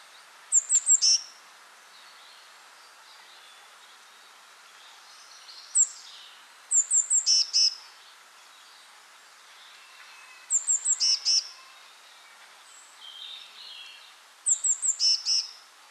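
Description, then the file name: Eurasian blue tit giving four bouts of high thin notes, each ending in a buzzy note, roughly every four to six seconds, with faint other twittering between them. "Cyanistes caeruleus"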